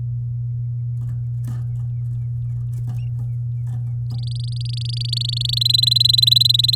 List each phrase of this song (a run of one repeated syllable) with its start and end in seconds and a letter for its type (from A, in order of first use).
4.10-5.59 A, 5.61-6.75 B